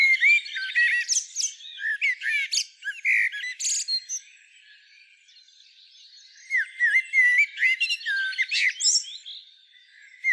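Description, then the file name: Common blackbird giving bursts of whistled notes mixed with harsh chirps and squeaky twitters, two busy phrases separated by a quiet gap of about two seconds. "Turdus merula"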